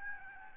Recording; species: mosquito wingbeat signal from an infrared sensor; Aedes albopictus